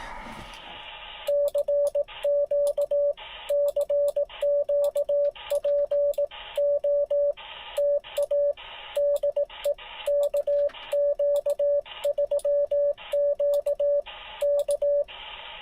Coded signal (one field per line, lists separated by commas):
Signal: Morse code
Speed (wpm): 18 wpm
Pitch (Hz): 570 Hz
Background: radio noise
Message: CQ CQ POTA DE KQ3Q K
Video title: Listen and Copy Random Callsigns in Morse Code #morsecode